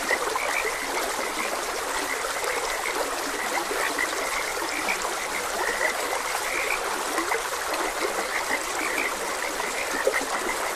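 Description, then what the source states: Frog calls as brief high chirps scattered throughout, sitting on top of a constant babbling stream. Frogs croaking beside a gentle stream.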